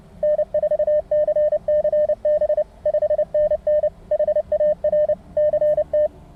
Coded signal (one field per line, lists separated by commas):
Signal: Morse code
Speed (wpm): 27 wpm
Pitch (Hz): 600 Hz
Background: none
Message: N4CCB 5NN HAR CT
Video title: New England QSO Party 2016 from Bobcat Ridge